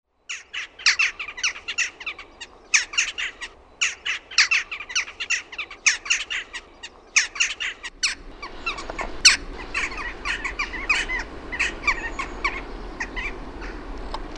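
Western jackdaw calls, dense bursts of short clipped chack notes in quick series, then after about eight seconds a noisier stretch with scattered calls over steady background noise.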